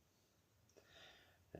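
A loose plastic tab on a Transformers Dr Wu Extreme Warfare DW-E54B Iron Fortress (Metrotitan) figure, which was not engaging well, is pushed firmly into its slot. Faint handling rustle builds from about 0.8 s, then a short, sharp click at 1.6 s as the tab seats.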